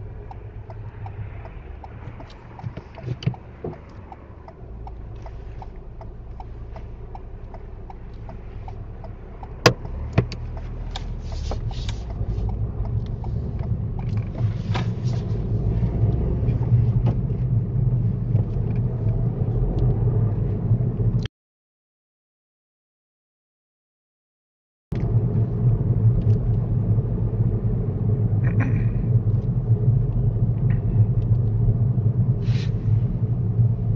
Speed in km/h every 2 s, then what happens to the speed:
0, 0, 0, 0, 0, 6, 15, 23, 23, 29, 29, 31, 29, 27, 26, 23, 19.
0-8 standing. 8-18 pulls away to 29. 18-23 steady at about 29. 23-34 slows to 19.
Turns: none.